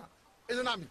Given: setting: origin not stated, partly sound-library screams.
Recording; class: one-second piece from a danger detection set; normal situation